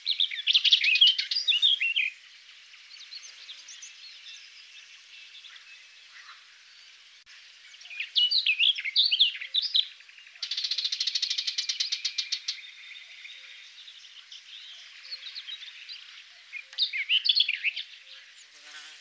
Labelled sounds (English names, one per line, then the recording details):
Barred Warbler song
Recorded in the wild
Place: Pripyatskiy NP, BY
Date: 2005-05-28
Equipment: Minidisc Sony MZ-R35, Telinga DAT, Telinga-Parabolspiegel
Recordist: Schwarz, Dieter